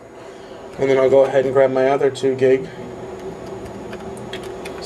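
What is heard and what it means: Someone talks while picking up a second 2 GB memory module for a late 2008 aluminum MacBook and lining it up with the laptop's memory slot. After the talking, a steady low hum continues, and a few faint handling taps come at about 3.9, 4.3 and 4.7 seconds. The module has not seated or clicked into the slot yet.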